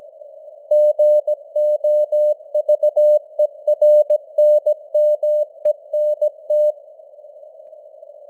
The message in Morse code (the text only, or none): GOVERNMENT